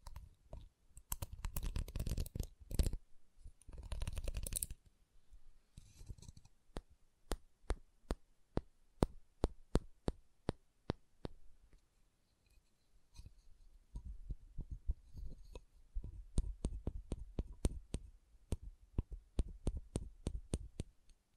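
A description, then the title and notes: Wooden tapping and knocking, made of sharp, bright clicks that come in quick clusters and in steadier, evenly spaced runs. The first five seconds are busy with rapid rustling and dense taps. A calmer stretch of single knocks follows, then denser tapping returns near the end. ASMR Calming Wood Triggers for Sleep (No Talking).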